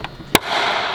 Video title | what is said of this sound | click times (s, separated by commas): CSL Grille Turns the G80 M3 from Ugly to Stunning! | Nice. Pops in. It's pretty apparent when it clicks in. | 0.4 s